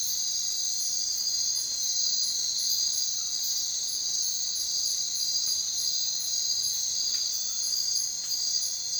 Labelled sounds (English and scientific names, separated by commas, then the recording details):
none
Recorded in secondary vegetation near Puerto Asís, Putumayo, Colombia, on 23 June 2025 at 01:30
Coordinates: 0.499, -76.323
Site G077